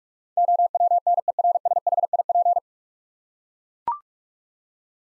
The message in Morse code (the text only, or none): OWNERSHIP